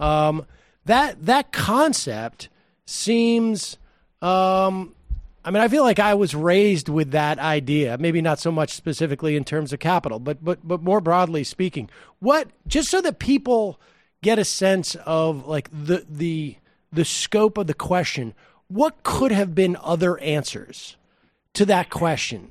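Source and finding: Adult male speaker. Stuttering.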